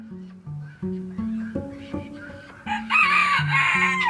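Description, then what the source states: Chickens calling: low pulsed clucking notes in the opening seconds, then a loud, harsh, drawn-out crow from about three seconds to the end. Chickens about to be let out on Cynthia Capers' farm, which raises chickens.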